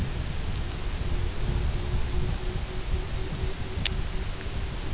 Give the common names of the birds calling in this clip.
Pectoral Sandpiper